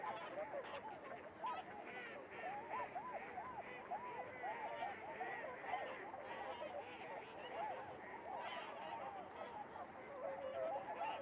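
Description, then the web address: Goose: geese honking as a dense flock, many overlapping short arched honks throughout with a constant busy chorus. 16 January 2015. "Podcast goose 20150116"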